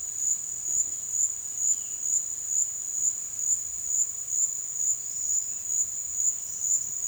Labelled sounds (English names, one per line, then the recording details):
none
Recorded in dense forest near Puerto Asís, Putumayo, Colombia, on 19 February 2024 at 18:00
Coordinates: 0.505, -76.324
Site G6467